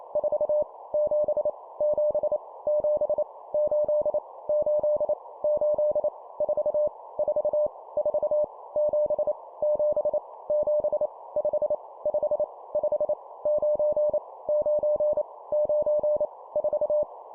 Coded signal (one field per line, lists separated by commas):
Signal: Morse code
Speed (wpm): 28 wpm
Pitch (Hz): 600 Hz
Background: none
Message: 4 7 7 7 8 8 8 4 4 4 7 7 7 5 5 5 9 9 9 4